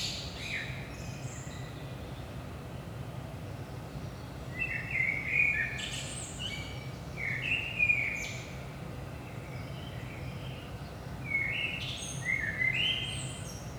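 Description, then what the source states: Common blackbird song: fluted, melodious phrases come every few seconds, each closing in a high squeaky twitter, with a constant low-pitched hum throughout. Saint-Gilles, Belgium, early morning around 5 am; recorded with DPA 4060 microphones in AB stereo position into a Zoom F3.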